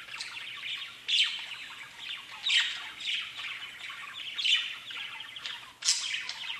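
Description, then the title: Budgerigar warbling chatter with loud harsh squawks bursting out every second or two over the steady babble. "Budgie Sounds"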